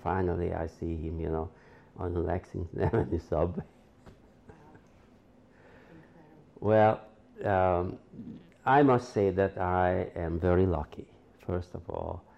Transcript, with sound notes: And finally I see him, you know, on the Lexington Avenue subway. [chuckles] Well, I must say that I am very lucky, first of all.